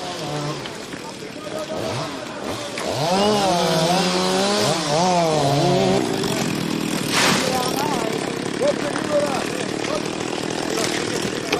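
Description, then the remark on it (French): A chainsaw engine drones loudly, its whine rising and falling as it revs through a cut, then settling into a steady buzzing roar, with voices faintly mixed in, as villagers cut down trees near houses to keep a wildfire away. “Et aussi des tronçonneuses pour couper les arbres à proximité des maisons.”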